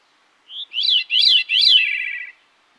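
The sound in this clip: Veery song, a brief pure note followed by three breezy, downward-spiralling rolled phrases, clean and without other sounds.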